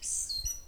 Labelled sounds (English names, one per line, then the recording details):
Stitchbird song
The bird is a male
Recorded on Tiritiri Matangi Island, New Zealand, in 2005
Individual 4, of nest box 4